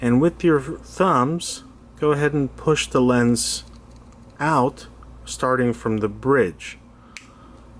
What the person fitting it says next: you'll hear a small snap that means the lens has dislodged from the groove